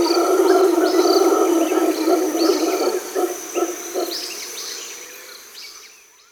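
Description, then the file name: Mantled howler monkey giving a deep, growling roar in pulsed bursts that fades away, with scattered high whistles over it. "Eloisa Matheu, Jean C. Roch - Alloueta Palliata - Mantled-Howler Monkey"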